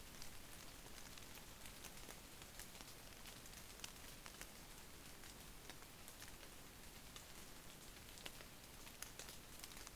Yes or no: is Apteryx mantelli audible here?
no